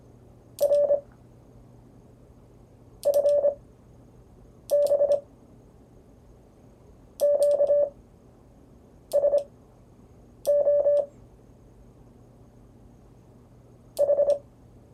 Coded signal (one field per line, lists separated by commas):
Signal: Morse code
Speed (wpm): 26 wpm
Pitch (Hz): 580 Hz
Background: none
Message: R FB QSO H